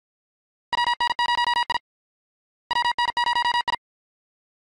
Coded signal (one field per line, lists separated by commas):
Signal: Morse code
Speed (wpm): 50 wpm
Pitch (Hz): 1900 Hz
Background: none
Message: WN0I WN0I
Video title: 15,359 point rufzxp